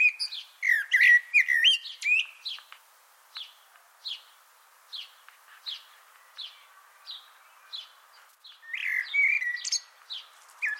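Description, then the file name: Eurasian blackbird song: a warbled phrase opens, then thin high notes repeat at short intervals, before another fluty warbling phrase. "Turdus merula"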